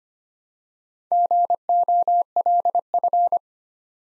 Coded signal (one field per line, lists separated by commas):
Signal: Morse code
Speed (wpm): 25 wpm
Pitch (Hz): 700 Hz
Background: none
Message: GOLF